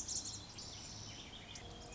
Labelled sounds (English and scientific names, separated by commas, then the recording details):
Pacific Wren (Troglodytes pacificus)
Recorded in Sonoma County, California